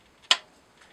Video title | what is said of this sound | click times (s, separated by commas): Goblin Teasmade | gone five o'clock when I engage it on these around here you're hear a slight click and that's basically ready | 0.3 s